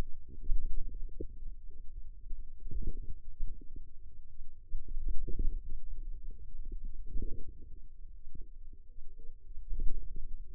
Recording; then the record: forearm muscle sounds (acoustic myography)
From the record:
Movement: finger pinch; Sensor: system 2, bracelet of six BSWA MPA416 microphones around the upper forearm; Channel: 5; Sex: female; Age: 21 years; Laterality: right